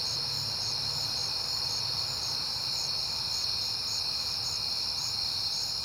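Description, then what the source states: Crickets keep up a shrill steady trill while a higher voice pulses in quick repeated bursts, over a faint low hum. Crickets recorded at night in September, on a peaceful night.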